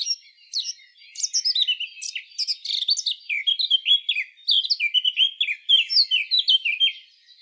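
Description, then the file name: Eurasian blackcap song: a continuous run of rich, fluty warbled phrases, varied and quick, rising and falling with short pauses between bursts. "Sylvia atricapilla"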